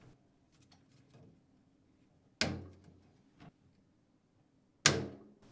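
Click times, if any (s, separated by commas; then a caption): 2.4 s, 4.9 s. A plastic middle water duct, part number DD82-01428A, for a Samsung dishwasher is pressed onto the middle rack with its tabs lined up to the retaining bars. Faint handling rustles come first, then two sharp snaps at 2.4 s and 4.9 s, each with a short decaying ring. The duct snaps into place on the rack.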